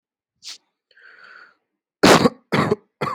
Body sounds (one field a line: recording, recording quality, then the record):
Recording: heavy voluntary cough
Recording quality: excellent, no background noise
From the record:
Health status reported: healthy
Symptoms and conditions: asthma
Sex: male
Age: 30 years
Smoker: yes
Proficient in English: yes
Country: India